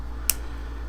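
A plastic part from an HG 1/144 Sinanju model kit, which would not line up, is pushed into its mating piece until it snaps into place. One sharp, bright click sounds at 0.3 s over a quiet, steady background. The part is seated.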